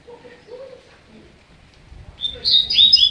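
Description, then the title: Double-collared seedeater starting a high, rapid, slurred twittering phrase that is cut off at the end, preceded by soft lower whistled notes and background rumble. "Canto Coleiro"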